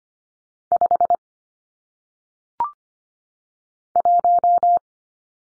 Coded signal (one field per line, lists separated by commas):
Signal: Morse code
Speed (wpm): 25 wpm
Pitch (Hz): 700 Hz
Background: none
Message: 5 1